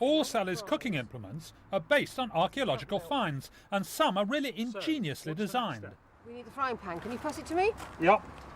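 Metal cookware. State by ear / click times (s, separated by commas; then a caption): not seated / none. People talk while a replica Roman army-issue folding frying pan is being handed over, just before its metal handle is unfolded and locked open. A brief sharp sound comes at the very end, around 8.6 s, but the handle has not yet locked into place and nothing has seated or clicked.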